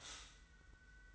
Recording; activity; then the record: daily activity, microphone in the room; stop toaster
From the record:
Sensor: 3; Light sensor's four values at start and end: 39/93/38/35 and 39/93/38/35